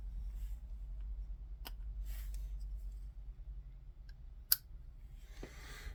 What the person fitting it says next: There you go. So it clicked right into place.